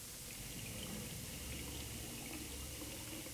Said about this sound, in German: Was machst du denn da? Ich nehme mir ein Glas Wasser. Warum? Mensch, und deswegen lässt du so lange den Hahn offen? Ja, haben wir etwa im Lotto gewonnen, dass wir uns das leisten können, für nix und wieder nix einen Liter Wasser einfach bloß so